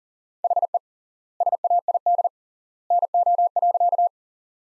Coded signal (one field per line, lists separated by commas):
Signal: Morse code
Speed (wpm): 40 wpm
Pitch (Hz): 700 Hz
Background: none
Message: HE SAID NO.